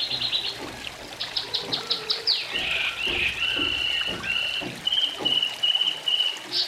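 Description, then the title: Oriental magpie-robin singing a fast series of short high notes, followed by long slurred, level whistles. "Kicau Kacer"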